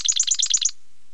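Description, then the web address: Marsh wren giving a rapid series of about seven high, buzzy notes in under a second, then silence. "timbillo. calls to know marsh wren"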